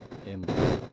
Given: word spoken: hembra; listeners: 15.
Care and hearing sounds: one Spanish word in noise, from a listening test; noise modulated by one talker; -12.4 dB; 3 of 15; 7 of 15; 0.53 s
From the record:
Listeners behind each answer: 7, 3, 1, 1, 1, 1, 1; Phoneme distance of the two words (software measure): 31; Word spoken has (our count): 2 syllables, 5 phonemes, stress on syllable 1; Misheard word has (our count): 2 syllables, 4 phonemes, stress on syllable 1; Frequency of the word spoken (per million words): 11.50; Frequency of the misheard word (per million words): 235.89

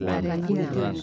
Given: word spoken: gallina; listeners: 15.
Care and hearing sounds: one Spanish word in noise, from a listening test; four-talker babble; -1.3 dB; 0 of 15; 9 of 15; 0.63 s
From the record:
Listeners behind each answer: 9, 2, 2, 1, 1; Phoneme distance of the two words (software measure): 41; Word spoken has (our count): 3 syllables, 6 phonemes, stress on syllable 2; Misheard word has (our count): 3 syllables, 5 phonemes, stress on syllable 2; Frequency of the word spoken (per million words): 10.44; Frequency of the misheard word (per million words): 73.51

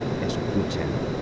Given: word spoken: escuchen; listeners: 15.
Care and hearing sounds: one Spanish word in noise, from a listening test; speech-shaped noise; -4.2 dB; 2 of 15; 13 of 15; 0.82 s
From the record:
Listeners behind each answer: 13, 2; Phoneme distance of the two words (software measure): 17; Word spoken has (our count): 3 syllables, 7 phonemes, stress on syllable 2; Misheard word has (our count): 3 syllables, 6 phonemes, stress on syllable 2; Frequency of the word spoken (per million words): 1.59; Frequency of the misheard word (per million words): 25.95

